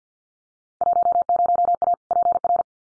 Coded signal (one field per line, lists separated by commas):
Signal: Morse code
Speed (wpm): 50 wpm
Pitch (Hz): 700 Hz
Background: none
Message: 10A PR